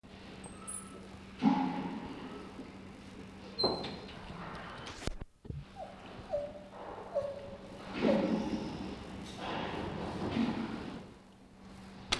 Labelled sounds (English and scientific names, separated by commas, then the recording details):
Lar Gibbon (Hylobates lar) call
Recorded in captivity
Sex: male
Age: adult
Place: Zoo Prag, CZ
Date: 1967-09-14 11:00
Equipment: Uher 4000 Report-S, Transistorverstärker II, Sennheiser MD 421
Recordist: Tembrock, Günter